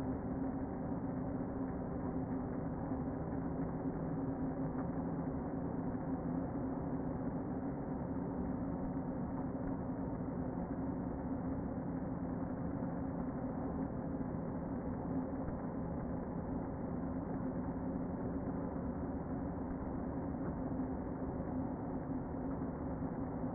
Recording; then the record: honeybee colony, microphone inside the hive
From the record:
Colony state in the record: queen present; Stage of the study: before two queens were removed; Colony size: about 60,000 bees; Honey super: yes